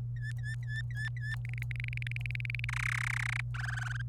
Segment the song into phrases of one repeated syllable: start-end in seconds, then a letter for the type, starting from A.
0.16-1.35 A, 1.45-2.65 B, 2.69-3.41 C, 3.54-4.01 D